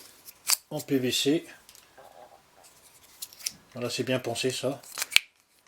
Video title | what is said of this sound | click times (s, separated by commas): Déballage Kit Tondeuse à Cheveux Filaire WAHL Elite Pro 79602-201 | il se clipse bien, il se maintient bien dans l'étui. | 5.2 s